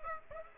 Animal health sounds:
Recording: mosquito wingbeat signal from an infrared sensor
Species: Aedes aegypti

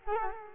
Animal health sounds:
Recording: mosquito wingbeat signal from an infrared sensor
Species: Culex quinquefasciatus

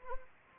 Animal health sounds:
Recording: mosquito wingbeat signal from an infrared sensor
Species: Anopheles arabiensis

